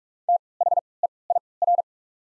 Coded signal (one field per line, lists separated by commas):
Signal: Morse code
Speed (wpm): 44 wpm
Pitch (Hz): 700 Hz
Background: none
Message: T H E I R